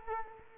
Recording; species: mosquito wingbeat signal from an infrared sensor; Culex quinquefasciatus